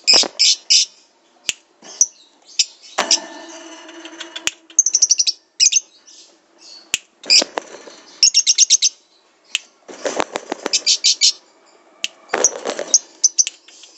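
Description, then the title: Lovebird singing in bursts of rapid, piercing chirps broken by harsh, raspy chatter and short pauses; sharp clicks punctuate the sequence. Lovebird described as a national champion; recording used as a masteran, a training recording for teaching other birds to sing. "MASTERAN BURUNG. Suara LoveBird Juara Nasional"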